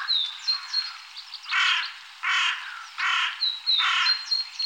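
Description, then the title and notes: Carrion crow cawing four times, rough and hoarse, spaced under a second apart, while a small bird adds high thin notes. Recorded in Germany, Austria or Switzerland. "Sounds of birds from Germany, Austria, Switzerland"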